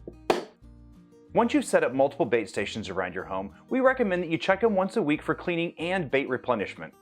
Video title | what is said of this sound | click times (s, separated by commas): Product Overview: How to Use the Solutions Rodent Bait Station [DIY Rodent Control Equipment] | Once the snap trap is secure, arm the trap and make sure you gently close the lid until you hear a snap. | 0.3 s